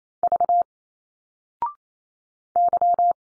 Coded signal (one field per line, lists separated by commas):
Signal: Morse code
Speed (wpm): 28 wpm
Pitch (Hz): 700 Hz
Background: none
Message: V Y